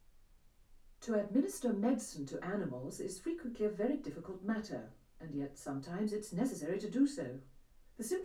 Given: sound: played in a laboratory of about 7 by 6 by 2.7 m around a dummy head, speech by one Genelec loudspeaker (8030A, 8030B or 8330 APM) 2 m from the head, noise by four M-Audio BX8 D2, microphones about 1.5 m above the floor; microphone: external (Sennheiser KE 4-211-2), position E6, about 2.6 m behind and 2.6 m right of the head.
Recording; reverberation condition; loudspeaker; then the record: female speech in English; low; 60 degrees to the right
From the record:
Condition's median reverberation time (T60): about 310 ms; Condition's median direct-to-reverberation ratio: about 3.5 dB